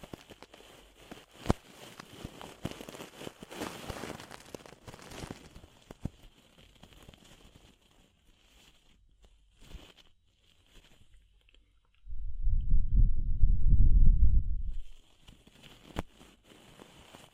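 Ear cleaning sounds: dense, irregular crackling and scratching with sharp clicks for the first six seconds, then sparse soft rustles and taps. Around twelve seconds a loud, deep rumbling rub swells for about three seconds before quieter scratching returns.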